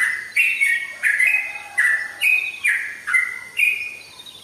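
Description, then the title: Oriental magpie-robin giving loud whistled notes that drop or rise in steps, about two phrases per second, fading at the end. "Kicau Kacer"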